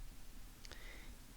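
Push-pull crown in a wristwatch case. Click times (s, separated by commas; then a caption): 0.7 s. The push-pull crown on a Seiko Recraft automatic wristwatch (2017 release) is gripped and pulled outward from the case through two detent positions into its setting positions. Two short, sharp clicks land at about 0.7 s, roughly 80 ms apart, over a steady low background hiss. The crown clicks out to its setting positions.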